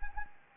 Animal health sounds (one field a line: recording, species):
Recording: mosquito wingbeat signal from an infrared sensor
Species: Anopheles arabiensis